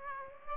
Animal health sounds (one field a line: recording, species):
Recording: mosquito wingbeat signal from an infrared sensor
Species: Aedes aegypti